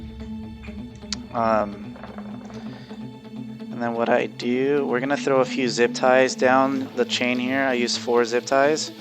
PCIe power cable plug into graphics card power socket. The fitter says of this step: so I'll get a finger in there hear the click and we're good